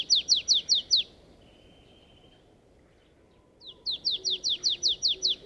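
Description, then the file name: Marsh tit uttering two fast runs of sharp descending chip notes, split by a pause, against low background noise. "Poecile palustris"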